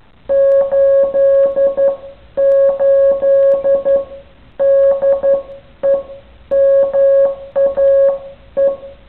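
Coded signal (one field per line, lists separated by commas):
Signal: Morse code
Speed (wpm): 11 wpm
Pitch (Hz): 550 Hz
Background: music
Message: 88DEMAE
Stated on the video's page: Morse sent by a six-and-a-half-year-old girl.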